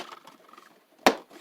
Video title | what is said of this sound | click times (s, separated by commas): Part 1 plastic stick on Wiremold installation(how to do it) | You can hear it snapping in there. | 1.1 s